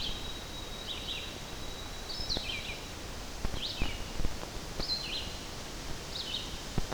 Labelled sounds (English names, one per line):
Red-eyed Vireo song